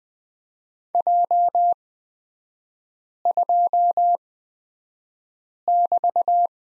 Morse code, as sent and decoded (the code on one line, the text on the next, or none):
.--- ..--- -...-
J2<BT>